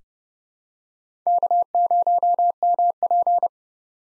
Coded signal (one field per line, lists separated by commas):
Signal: Morse code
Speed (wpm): 29 wpm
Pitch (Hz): 700 Hz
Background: none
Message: K0MP